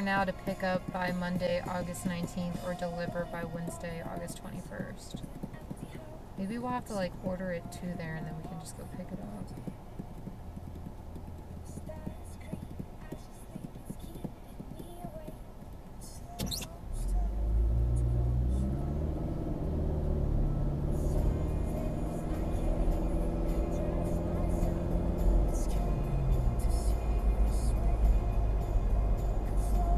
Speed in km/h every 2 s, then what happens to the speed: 0, 0, 0, 0, 0, 0, 0, 0, 0, 23, 35, 44, 56, 58, 61.
0-16 standing. 16-30 pulls away to 61.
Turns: none.